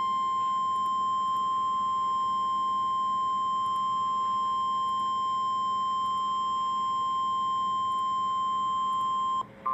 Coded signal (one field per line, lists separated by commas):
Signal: Emergency Alert System (SAME) tones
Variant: 1050 Hz attention tone